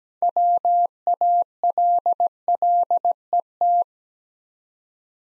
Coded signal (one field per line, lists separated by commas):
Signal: Morse code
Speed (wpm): 17 wpm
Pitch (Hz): 700 Hz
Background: none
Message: WALLET